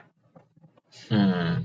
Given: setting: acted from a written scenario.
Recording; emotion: vocal sound without words; sympathy